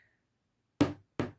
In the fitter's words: you can feel you've clicked it on for that and then there's two proper clicks